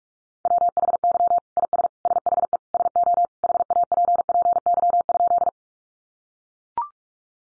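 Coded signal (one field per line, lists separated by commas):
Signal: Morse code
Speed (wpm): 44 wpm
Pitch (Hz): 700 Hz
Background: none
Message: WHY IS SHE SO HAPPY?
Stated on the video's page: Morse code practice at 45 wpm: head-copy sentences built from the top 1000 words, each sent in Morse, spoken, then sent again.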